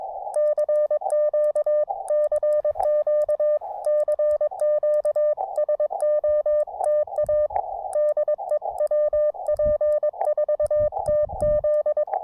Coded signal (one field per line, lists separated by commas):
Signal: Morse code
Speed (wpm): 22 wpm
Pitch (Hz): 590 Hz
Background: music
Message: CQ CQ CQ SOTA DE WP4TZ